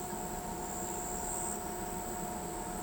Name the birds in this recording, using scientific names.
none